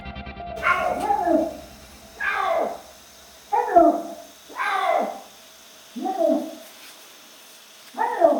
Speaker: Oui, c'est deux de nos lynx résidents qui se répondaient, un mâle et une femelle.